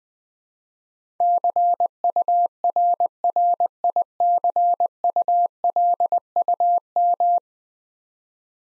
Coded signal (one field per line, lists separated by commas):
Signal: Morse code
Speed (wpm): 20 wpm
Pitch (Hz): 700 Hz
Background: none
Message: CURRICULUM